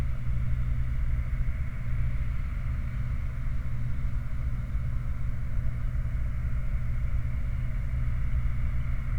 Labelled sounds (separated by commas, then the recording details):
machinery, flare stack
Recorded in the Prudhoe Bay oil fields, Alaska, on 29 July 2019 at 04:15
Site 29